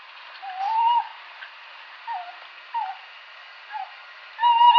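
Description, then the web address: Tawny owl giving a series of short hoots, a slightly rising note followed by a few brief soft notes spaced about a second apart, then a louder, steadier hoot begins. "strix aluco call"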